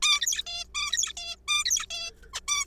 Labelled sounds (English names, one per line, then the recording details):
Zebra Finch
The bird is a juvenile
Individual R3428